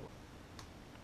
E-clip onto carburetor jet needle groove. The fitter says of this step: there it is. A little snap. Yep. You can see it's on there all the way.